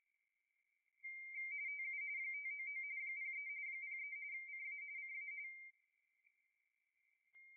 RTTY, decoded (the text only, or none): TU 599 03 03 CA CA